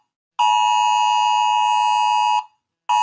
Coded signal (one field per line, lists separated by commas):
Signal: Emergency Alert System (SAME) tones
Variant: 853 and 960 Hz attention tone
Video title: rating eas alarms pt5 remastered+2 bonus ones